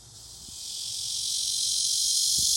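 Cicada buzzing call, a steady high hiss that swells gradually louder throughout, with a couple of faint low thumps underneath.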